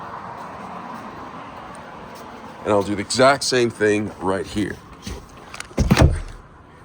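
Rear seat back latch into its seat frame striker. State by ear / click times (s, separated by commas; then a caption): seated / 5.9 s, 6.0 s. A folded rear seat back in a Nissan Frontier crew cab is raised and pushed up until its latch locks into the seat frame striker in the upright position. Someone talks, then a metallic clunk-click is heard at 5.9 s and 6.0 s as the seat back locks into place.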